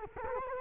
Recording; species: mosquito wingbeat signal from an infrared sensor; Culex quinquefasciatus